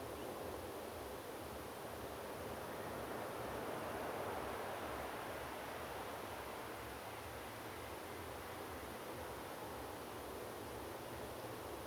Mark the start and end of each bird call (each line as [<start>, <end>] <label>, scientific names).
[0.14, 0.25] Tringa erythropus